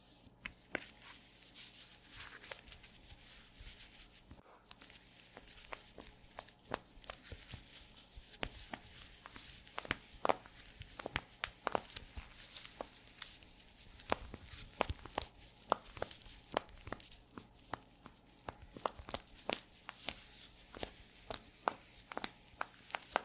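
Squeaky leather creaks and crackles in a dense run of short, sharp snaps and squeaks scattered irregularly across the whole clip, some bright and piercing. A faint low hum sits steadily underneath, and the bursts grow a little busier toward the middle.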